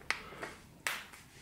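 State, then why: Seated. Thumbs push the plastic clip ring of a replacement ear pad into the yoke/earcup of a pair of Focal Bathys headphones. Two sharp, bright clicks sound at 0.1 s and 0.9 s, with a fainter, softer tap near 0.4 s in between. The clips snap in and the ear pad is seated.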